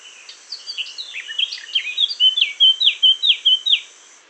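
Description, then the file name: Eurasian blackcap song opening with a subdued chattering warble, then swelling into a string of loud, pure, downslurred whistles repeated evenly before stopping. "Sylvia atricapilla"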